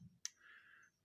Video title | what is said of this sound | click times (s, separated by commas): Vid 351 SirToys KO X-Buddies Shady-Z | here there are some sort of connections and this is about the only way it goes in and clicks | 0.2 s